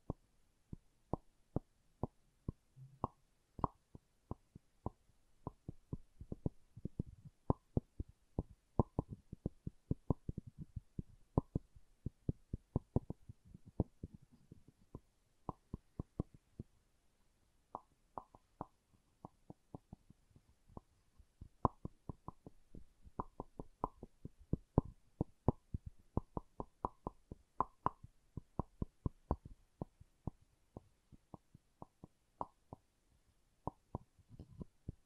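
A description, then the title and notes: Rapid wooden taps and knocks in dense irregular bursts, dull and low with brief pauses, continuing steadily for the whole stretch. ASMR Calming Wood Triggers for Sleep (No Talking).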